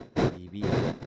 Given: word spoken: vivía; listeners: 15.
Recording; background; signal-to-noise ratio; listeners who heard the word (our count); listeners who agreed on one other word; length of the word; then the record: one Spanish word in noise, from a listening test; noise modulated by one talker; -11.8 dB; 0 of 15; 11 of 15; 0.66 s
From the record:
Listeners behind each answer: 11, 2, 1, 1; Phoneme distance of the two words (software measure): 14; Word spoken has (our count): 3 syllables, 5 phonemes, stress on syllable 2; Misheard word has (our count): 2 syllables, 5 phonemes, stress on syllable 2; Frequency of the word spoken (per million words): 34.08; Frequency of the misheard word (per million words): 123.34